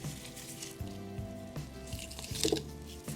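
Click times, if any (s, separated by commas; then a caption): none. Clock wheel pivots are being worked toward their bushes in the clock plate while music plays in the background, with one pivot not quite on its post. Small, faint metallic ticks cluster between about 2.1 and 2.6 s as the pivots are adjusted. Nothing has seated yet.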